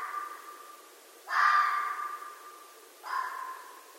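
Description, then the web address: Red fox screams: the fading tail of one call, then a loud harsh wail, then a shorter hoarse cry close behind. Red fox recorded at night, dated 15 December 2011. "Red Fox 2011 12 15"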